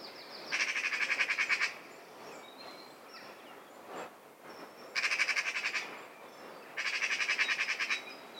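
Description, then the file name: Eurasian magpie chattering in three long dry rattles, each a rapid run of harsh clicks lasting about a second, separated by quiet gaps with faint background sounds. "Pica pica"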